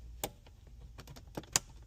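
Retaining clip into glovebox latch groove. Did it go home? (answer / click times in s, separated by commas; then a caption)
yes / 1.6 s. A replacement metal retaining clip is slid into a groove on a DeLorean glovebox latch and pushed home, with a sharp tick at 0.2 s and light scraping taps before it clicks firmly into place at 1.6 s. The clip is seated.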